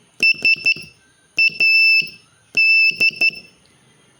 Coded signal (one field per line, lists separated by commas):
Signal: Morse code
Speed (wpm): 11 wpm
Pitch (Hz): 2650 Hz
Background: none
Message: SAD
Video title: Morse Code for Ham Radio Made Easy 4!